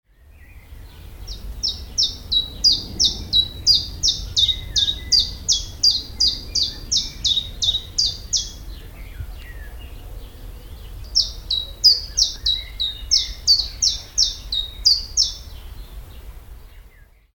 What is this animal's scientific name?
Phylloscopus collybita